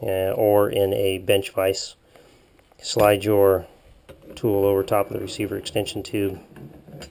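Someone talks while a HammerHead castle nut wrench rifle tool is slid over the rifle's receiver extension tube toward the castle nut, making a few faint handling knocks. The tool is being handled and has not yet locked onto the castle nut; nothing has seated or clicked yet.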